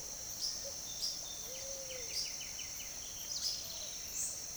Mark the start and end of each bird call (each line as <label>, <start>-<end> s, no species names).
bird call, 0.00-4.56 s